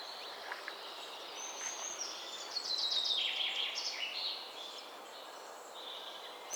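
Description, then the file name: Common chaffinch song phrase: a run of quick, sharp notes falling in pitch, over constant background hiss. "Fringilla coelebs"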